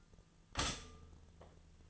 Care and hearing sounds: daily activity, microphone in the room; stop toaster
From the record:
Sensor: 4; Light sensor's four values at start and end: 22/66/25/25 and 21/65/25/24

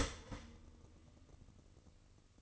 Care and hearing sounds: daily activity, microphone in the room; start toaster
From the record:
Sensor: 4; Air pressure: 1007.9 hPa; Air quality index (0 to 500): 103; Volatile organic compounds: 1 ppm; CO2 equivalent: 768 ppm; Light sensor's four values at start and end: 8/19/7/7 and 9/19/8/8

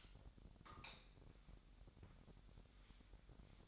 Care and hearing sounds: daily activity, microphone in the room; light off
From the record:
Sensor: 3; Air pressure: 1011.9 hPa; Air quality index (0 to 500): 233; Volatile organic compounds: 5 ppm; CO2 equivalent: 1727 ppm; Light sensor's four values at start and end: 17/42/18/18 and 14/33/14/14

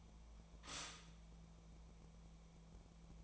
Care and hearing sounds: daily activity, microphone in the room; stop toaster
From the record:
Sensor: 1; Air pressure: 1000.3 hPa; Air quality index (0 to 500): 156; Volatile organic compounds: 3 ppm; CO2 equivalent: 1458 ppm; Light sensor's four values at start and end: 30/75/31/38 and 30/75/31/38

